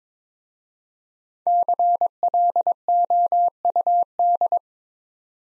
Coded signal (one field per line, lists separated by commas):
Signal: Morse code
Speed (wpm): 22 wpm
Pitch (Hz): 700 Hz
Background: none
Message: CLOUD